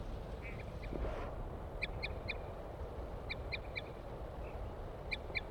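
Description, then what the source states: Crossbill toots, short notes given in small clusters of two or three with pauses between, over a constant low rumble. Wild female approaching, giving toots.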